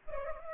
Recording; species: mosquito wingbeat signal from an infrared sensor; Culex pipiens